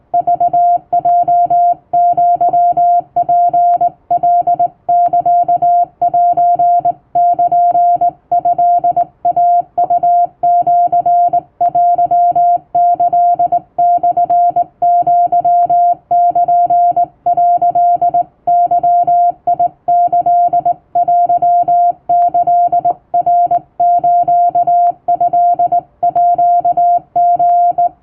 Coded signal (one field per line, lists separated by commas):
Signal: Morse code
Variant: Japanese Wabun code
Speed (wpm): 19 wpm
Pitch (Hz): 700 Hz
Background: music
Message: クヲアツカサセルトイウシテキモアル」ゲキテキナストーリ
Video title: 毎日トンツーＣＷ教室開催中！第１級無線通信士が打つ綺麗な手打ち和文モールス符号で受信練習をしよう！YouTubeの再生速度を自分の速度に調整して聴いてみよう(morse code practice)